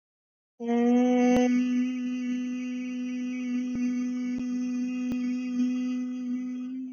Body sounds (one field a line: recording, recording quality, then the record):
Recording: sustained vowel as in made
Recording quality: excellent, no background noise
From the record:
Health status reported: healthy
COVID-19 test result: negative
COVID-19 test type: RT-PCR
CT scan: not taken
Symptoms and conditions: none ticked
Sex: female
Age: 21 years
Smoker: no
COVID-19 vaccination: both doses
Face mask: not worn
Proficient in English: yes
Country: India